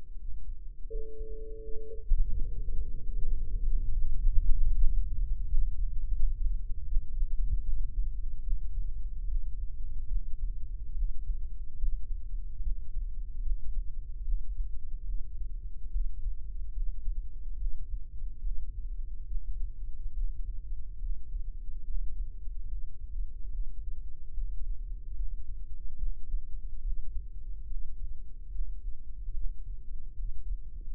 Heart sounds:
heart sounds by microphone in the right ear; 76 bpm
0.15 s: heartbeat
0.86 s: heartbeat
1.58 s: heartbeat
2.30 s: heartbeat
2.99 s: heartbeat
3.62 s: heartbeat
4.25 s: heartbeat
4.71 s: heartbeat
5.47 s: heartbeat
6.13 s: heartbeat
6.85 s: heartbeat
7.61 s: heartbeat
8.40 s: heartbeat
9.25 s: heartbeat
10.05 s: heartbeat
10.92 s: heartbeat
11.76 s: heartbeat
12.59 s: heartbeat
13.39 s: heartbeat
14.22 s: heartbeat
15.02 s: heartbeat
15.88 s: heartbeat
16.70 s: heartbeat
17.54 s: heartbeat
18.39 s: heartbeat
19.24 s: heartbeat
20.10 s: heartbeat
20.96 s: heartbeat
21.82 s: heartbeat
22.65 s: heartbeat
23.48 s: heartbeat
24.30 s: heartbeat
25.12 s: heartbeat
25.95 s: heartbeat
26.80 s: heartbeat
27.64 s: heartbeat
28.48 s: heartbeat
29.30 s: heartbeat
30.12 s: heartbeat
30.93 s: heartbeat
From the record:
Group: healthy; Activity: rest 0-1 s, breath hold 1-31 s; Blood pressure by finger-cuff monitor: 95/57 mmHg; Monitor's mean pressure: 71 mmHg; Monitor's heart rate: 73 bpm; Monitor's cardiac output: 6.2 L/min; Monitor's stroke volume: 85 mL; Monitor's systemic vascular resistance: 810 dyn s/cm5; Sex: female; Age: 26 years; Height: 165 cm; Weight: 55 kg

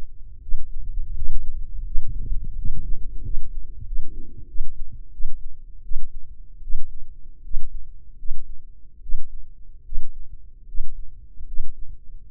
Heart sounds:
heart sounds by microphone in the left ear; 81 bpm
0.41 s: heartbeat
1.14 s: heartbeat
1.84 s: heartbeat
2.56 s: heartbeat
3.23 s: heartbeat
3.85 s: heartbeat
4.47 s: heartbeat
5.11 s: heartbeat
5.83 s: heartbeat
6.61 s: heartbeat
7.43 s: heartbeat
8.17 s: heartbeat
9.01 s: heartbeat
9.84 s: heartbeat
10.66 s: heartbeat
11.45 s: heartbeat
12.28 s: heartbeat
From the record:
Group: healthy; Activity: rest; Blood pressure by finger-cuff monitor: 147/78 mmHg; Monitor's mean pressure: 101 mmHg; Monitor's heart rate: 76 bpm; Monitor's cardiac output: 7.2 L/min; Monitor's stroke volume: 95 mL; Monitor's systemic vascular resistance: 1060 dyn s/cm5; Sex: male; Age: 21 years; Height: 180 cm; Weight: 67.5 kg

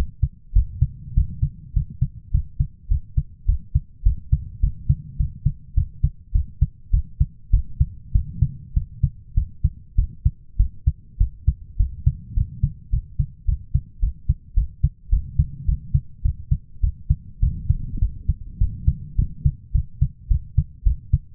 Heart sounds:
heart sounds by stethoscope; 103 bpm
0.53 s: heartbeat
1.14 s: heartbeat
1.73 s: heartbeat
2.31 s: heartbeat
2.88 s: heartbeat
3.46 s: heartbeat
4.03 s: heartbeat
4.60 s: heartbeat
5.17 s: heartbeat
5.74 s: heartbeat
6.32 s: heartbeat
6.91 s: heartbeat
7.51 s: heartbeat
8.12 s: heartbeat
8.74 s: heartbeat
9.34 s: heartbeat
9.95 s: heartbeat
10.57 s: heartbeat
11.18 s: heartbeat
11.77 s: heartbeat
12.34 s: heartbeat
12.90 s: heartbeat
13.46 s: heartbeat
14.00 s: heartbeat
14.54 s: heartbeat
15.10 s: heartbeat
15.66 s: heartbeat
16.22 s: heartbeat
16.81 s: heartbeat
17.40 s: heartbeat
17.99 s: heartbeat
18.58 s: heartbeat
19.16 s: heartbeat
19.72 s: heartbeat
20.28 s: heartbeat
20.84 s: heartbeat
From the record:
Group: healthy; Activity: cold pressor test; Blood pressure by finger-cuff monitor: 169/121 mmHg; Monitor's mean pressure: 135 mmHg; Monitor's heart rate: 105 bpm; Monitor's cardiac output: 7.8 L/min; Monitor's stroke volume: 75 mL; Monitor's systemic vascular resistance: 1280 dyn s/cm5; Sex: male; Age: 23 years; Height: 179 cm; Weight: 87 kg

